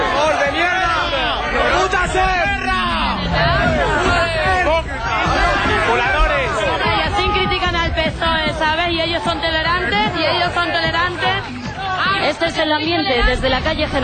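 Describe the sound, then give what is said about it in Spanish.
A street crowd of about 200 people on Calle Génova in Madrid chants slogans such as "gracias Aznar" after a Partido Popular election win, many voices shouting together in a loud, dense roar that carries on steadily for the whole stretch without a break. “Y ahora estáis escuchando algunas de las consignas.”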